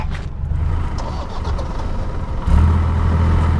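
A car engine hums steadily with a low rumbling drone, growing louder and deeper around the midpoint as the car drives on through a pale yellow desert; no one speaks.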